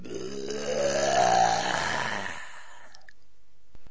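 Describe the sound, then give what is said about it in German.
A voice imitates a giant's loud, drawn-out burp, a rough, croaking belch that rises in pitch and swells over about two seconds before cutting off into near silence. “»Gutes Frühstück«, brüllte der Riese, und dann rülpste er, dass alle Blumen verwelkten.”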